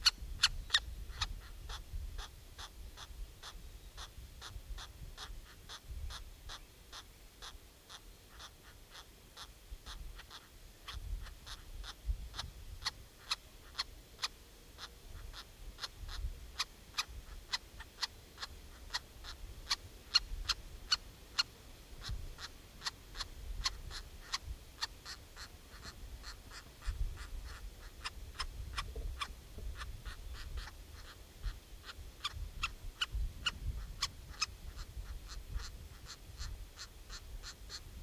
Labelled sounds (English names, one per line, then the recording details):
Grey-headed Woodpecker begging call
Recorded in the wild
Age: juvenile
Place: Detmold, OT Hiddesen, Teutoburger Wald, Nordrhein-Westfalen, DE
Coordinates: 51.9119, 8.82861
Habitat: dell
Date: 1969-06-17
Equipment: Uher 4000 Report-S, Bändchenmikro Beyer M 260, Parabolspiegel Polyester (470 mm)
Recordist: Conrads, Klaus